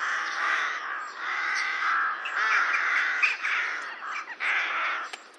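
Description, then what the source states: Rooks cawing almost without a break, a dense chorus of rough, nasal calls overlapping throughout. Rookery, a breeding colony in the UK.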